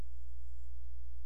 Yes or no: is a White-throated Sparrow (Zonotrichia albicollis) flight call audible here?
no